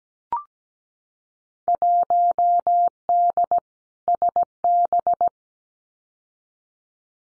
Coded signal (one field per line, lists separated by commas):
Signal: Morse code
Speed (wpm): 17 wpm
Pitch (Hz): 700 Hz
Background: none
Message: 1D SB